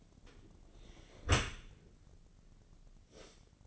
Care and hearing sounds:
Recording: daily activity, microphone in the room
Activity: close dishwasher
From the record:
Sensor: 4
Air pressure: 1013.2 hPa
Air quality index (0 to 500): 174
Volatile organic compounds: 2 ppm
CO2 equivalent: 1093 ppm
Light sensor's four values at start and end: 74/184/76/78 and 74/184/76/78

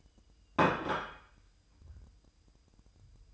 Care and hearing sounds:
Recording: daily activity, microphone in the room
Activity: place plate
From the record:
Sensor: 2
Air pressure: 988.5 hPa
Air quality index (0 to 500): 193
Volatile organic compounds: 194 ppm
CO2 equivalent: 4193 ppm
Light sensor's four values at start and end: 19/64/25/24 and 19/64/25/24

